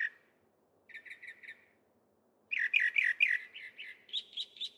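Northern mockingbird singing varied phrases: a soft series of four repeated notes, then a louder rapid jumble, ending with three higher repeated notes; faint low hum underneath.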